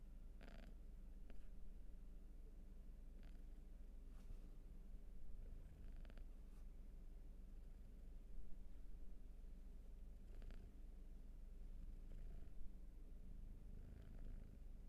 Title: Field Recs Purrathon RAW